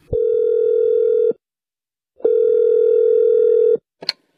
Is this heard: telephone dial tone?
yes